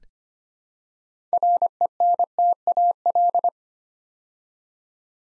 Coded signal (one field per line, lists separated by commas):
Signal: Morse code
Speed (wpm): 25 wpm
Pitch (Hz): 700 Hz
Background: none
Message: RENTAL